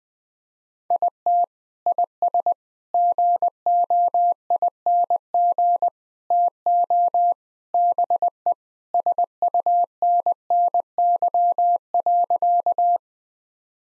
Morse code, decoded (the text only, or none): IT IS GOING TO BE SUNNY.